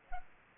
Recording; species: mosquito wingbeat signal from an infrared sensor; Culex pipiens